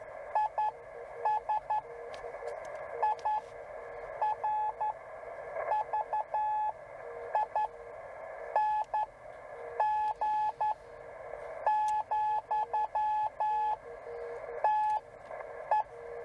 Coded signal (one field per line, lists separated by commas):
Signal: Morse code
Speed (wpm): 11 wpm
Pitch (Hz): 850 Hz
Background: radio noise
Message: IS IRVING, TE